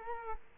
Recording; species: mosquito wingbeat signal from an infrared sensor; Culex quinquefasciatus